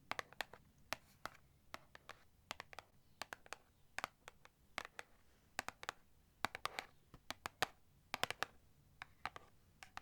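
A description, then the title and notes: Tapping in sharp, crisp clicks that come unevenly over the whole stretch, sometimes alone and sometimes in quick bunches of two or three. Each tap is brief and bright. A low, steady hum sits quietly underneath. ASMR Tapping To Help You Sleep (No Talking).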